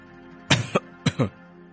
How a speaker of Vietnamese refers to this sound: Viên Đạo thở dài, rồi khẽ ho vài tiếng.